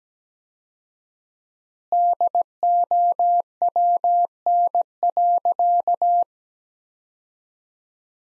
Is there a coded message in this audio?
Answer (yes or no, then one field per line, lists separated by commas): yes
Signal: Morse code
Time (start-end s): 1.9-6.2 s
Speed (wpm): 17 wpm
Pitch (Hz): 700 Hz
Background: none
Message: DOWN.